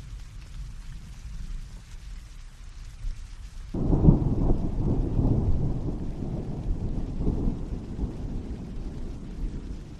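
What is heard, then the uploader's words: Rain falls as a steady, even hiss with a soft low rumble underneath. Just before the four-second mark, a deep roll of thunder breaks in suddenly and keeps rumbling heavily through the rest, while the bright patter of the rain fades back. Serene Rain Sounds.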